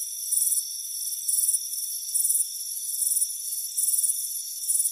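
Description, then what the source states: Crickets give evenly spaced high-pitched chirp bursts, layered over a steady high ringing tone. Warm afternoon on a front porch.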